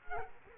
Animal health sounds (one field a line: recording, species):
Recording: mosquito wingbeat signal from an infrared sensor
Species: Culex quinquefasciatus